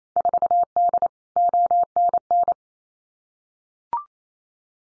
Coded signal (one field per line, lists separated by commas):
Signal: Morse code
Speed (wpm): 28 wpm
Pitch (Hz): 700 Hz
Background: none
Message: 4D ONN